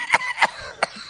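Three short, harsh cough bursts in about one second from an adult man.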